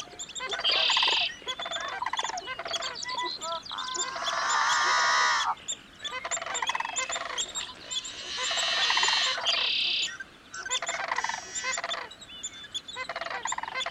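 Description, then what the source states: Sandhill Cranes calling: loud, rolling, rattling bursts. A pair at a Yellowstone marsh at sunrise, likely up from wintering grounds in New Mexico to breed at these ponds.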